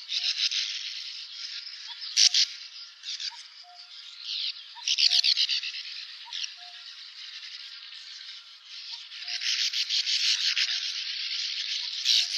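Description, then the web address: Sand martins chattering: harsh buzzy twitters with louder rapid bursts at times, many birds calling together throughout. "syoudoutubame"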